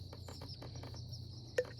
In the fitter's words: proper orientation, just spin and lock into place.